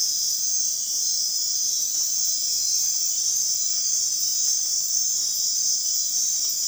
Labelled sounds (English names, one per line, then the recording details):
none
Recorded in dense forest near Puerto Asís, Putumayo, Colombia, on 20 February 2024 at 03:00
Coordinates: 0.499, -76.324
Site G6469